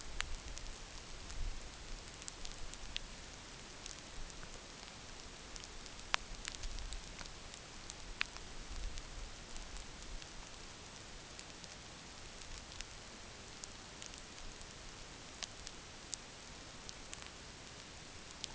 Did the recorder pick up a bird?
no